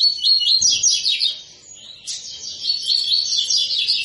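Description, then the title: Double-collared seedeater song: rapid, buzzy, chirping notes repeated in a fast run, with a short dip in the middle before the phrase resumes. Tui-tui song style, intended as a teaching song for young birds; the bird is described as 'fibra'. "COLEIRO TUI TUI FIBRA CANTO PROFESSOR"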